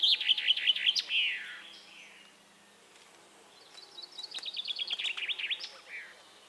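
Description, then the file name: Common chaffinch song: a trilled phrase ending in a dropping flourish, a pause, then another trill of bright notes finishing with a short flourish. "Fringilla coelebs"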